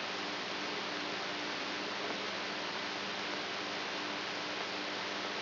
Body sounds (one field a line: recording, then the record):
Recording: brain microelectrode recording played as sound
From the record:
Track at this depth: outside the subthalamic nucleus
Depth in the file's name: 5.512 mm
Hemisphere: right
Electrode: 3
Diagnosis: Parkinson's disease